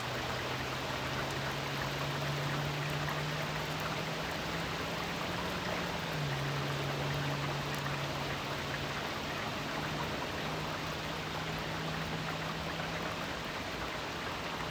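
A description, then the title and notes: Gentle rain patters steadily on a roof in a dense, even hiss, with a low droning hum underneath that dips midway. Gentle Night Rain. A gentle rain on the top of the roof.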